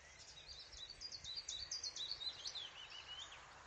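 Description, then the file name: Willow warbler song: a soft, sweet cascade of high notes gently descending over about three seconds, against a steady hiss of background noise. "fitis"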